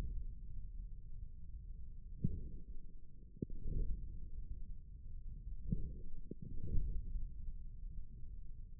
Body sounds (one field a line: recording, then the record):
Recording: forearm muscle sounds (acoustic myography)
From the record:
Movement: forearm pronation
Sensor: system 1, eight BSWA MPA416 microphones around the upper forearm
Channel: 4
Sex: male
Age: 41 years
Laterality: right